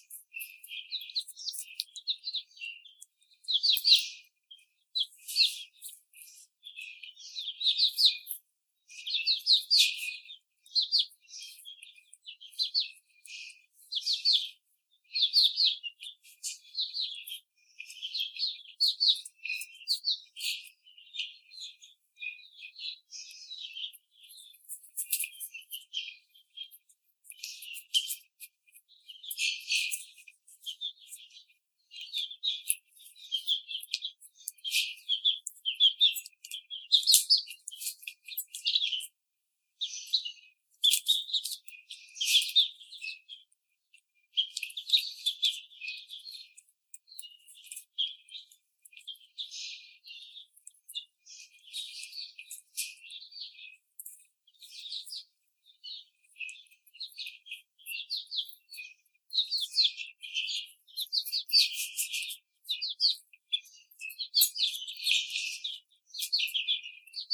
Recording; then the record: young laying hens in a cage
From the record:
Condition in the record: treatment cage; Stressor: simulated dog barking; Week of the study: 5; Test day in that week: 1